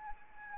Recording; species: mosquito wingbeat signal from an infrared sensor; Anopheles arabiensis